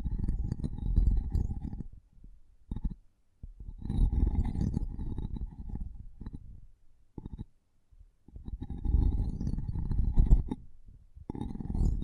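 Intense mic tapping and scratching comes in dense, rough bursts, mostly low and rumbling with a faint ringing tone around the middle. Bursts run from the start to two seconds, four to six, briefly near seven, then nine to eleven, separated by near silence.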